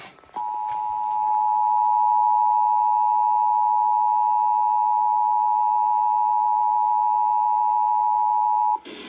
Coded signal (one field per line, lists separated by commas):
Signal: Emergency Alert System (SAME) tones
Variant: 853 and 960 Hz attention tone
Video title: Required Monthly Test on WSPA-FM (EAS #550)